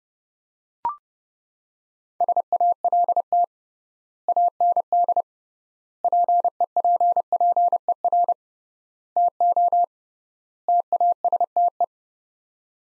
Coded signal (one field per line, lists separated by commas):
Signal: Morse code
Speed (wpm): 32 wpm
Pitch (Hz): 700 Hz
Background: none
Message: SALT AND PEPPER TO TASTE